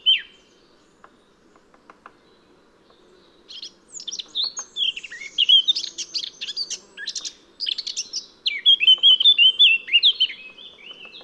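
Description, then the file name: Eurasian blackcap singing a long, rambling phrase of varied chattering and warbling notes. It finishes in a run of loud, rich, fluty whistles. "Sylvia atricapilla"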